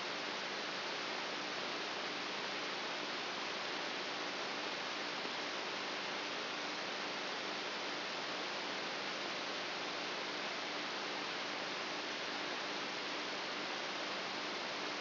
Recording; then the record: brain microelectrode recording played as sound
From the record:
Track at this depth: outside the subthalamic nucleus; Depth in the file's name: 7.7 mm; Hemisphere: right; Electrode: 2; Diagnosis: Parkinson's disease